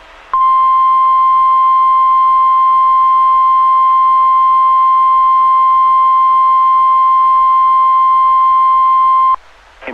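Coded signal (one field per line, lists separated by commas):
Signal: Emergency Alert System (SAME) tones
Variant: 1050 Hz attention tone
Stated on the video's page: Real fire warning EAS activation for a wildland fire, relayed by the National Weather Service.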